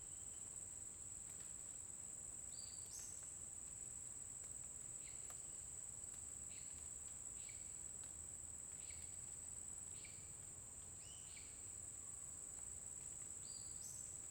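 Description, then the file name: Cricket producing a constant high trill while a bird repeats short whistled notes through most. Constant cricket sound in a forest during the day, with a bird singing at intervals. "Grilo constante na floresta dia passaro canta em intervalos"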